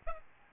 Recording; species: mosquito wingbeat signal from an infrared sensor; Aedes albopictus